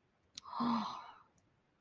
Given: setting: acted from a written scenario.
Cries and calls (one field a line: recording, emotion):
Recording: vocal sound without words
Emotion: awe